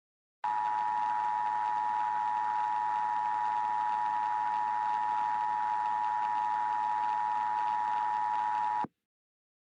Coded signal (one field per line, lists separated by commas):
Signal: Emergency Alert System (SAME) tones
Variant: 853 and 960 Hz attention tone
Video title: EAS Scenario - Foxes of the Underworld